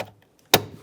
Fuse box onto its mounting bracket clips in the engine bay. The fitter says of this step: those clips you basically just slide it until it clicks once it clicks it's locked in